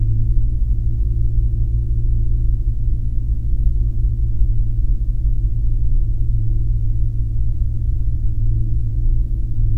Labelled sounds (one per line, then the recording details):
machinery
flare stack
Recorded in the Arctic National Wildlife Refuge, Alaska, on 3 September 2019 at 19:39
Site 48